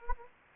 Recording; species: mosquito wingbeat signal from an infrared sensor; Anopheles gambiae